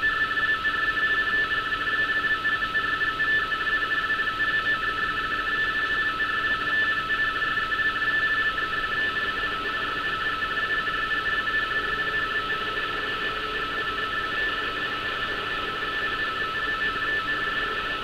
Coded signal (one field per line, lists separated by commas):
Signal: RTTY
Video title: Decoding RTTY navigation warnings from Hamburg, Germany